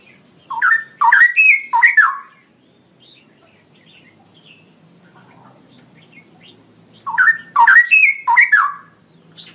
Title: GILEEE Cucak ROWO Jantan GACOR Suara Lantang ROoo EL Panjang